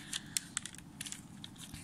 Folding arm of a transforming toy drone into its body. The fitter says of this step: let's close it into the most it's like tamati then click